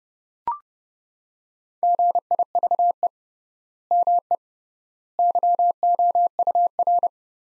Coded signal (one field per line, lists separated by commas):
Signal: Morse code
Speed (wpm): 30 wpm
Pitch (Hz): 700 Hz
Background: none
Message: GIVE ME YOUR